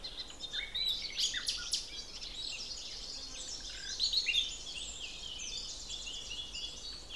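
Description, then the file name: Common nightingale song: sharp high chirps and quick downward sweeps in the first two seconds, then another burst near four seconds over a dense, steady background chorus of high twittering. "Luscinia megarhynchos"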